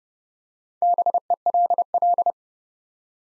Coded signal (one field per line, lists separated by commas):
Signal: Morse code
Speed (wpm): 30 wpm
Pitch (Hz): 700 Hz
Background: none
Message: BELL